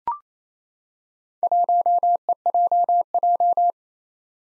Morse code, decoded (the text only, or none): 1EJJ